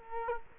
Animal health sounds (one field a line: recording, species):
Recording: mosquito wingbeat signal from an infrared sensor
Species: Culex quinquefasciatus